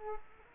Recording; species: mosquito wingbeat signal from an infrared sensor; Culex quinquefasciatus